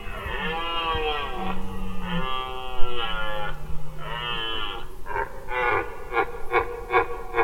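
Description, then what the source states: Red deer roaring: several long, drawn-out harmonic bellows with a deep undertone, followed by a run of short, repeated grunting pulses. Rutting stags in autumn, at night in a French forest; at night they leave the forest to feed in meadows and fields, and are heard in clearings and fields.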